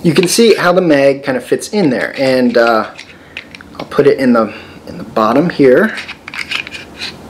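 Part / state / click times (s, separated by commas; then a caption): magazine adapter into AR-15 lower receiver magazine well / not seated / none. Someone talks while handling a metal 1911 magazine adapter block at the bottom of an AR-15 lower receiver's magazine well, with short sharp metallic handling ticks around 3.4–3.8 s and 6.3–6.7 s. The adapter is being positioned to go up into the magwell, but nothing has seated or clicked yet.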